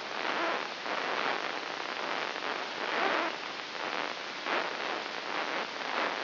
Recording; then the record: brain microelectrode recording played as sound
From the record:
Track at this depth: inside the subthalamic nucleus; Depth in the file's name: 2.804 mm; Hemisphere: right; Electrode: 3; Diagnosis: Parkinson's disease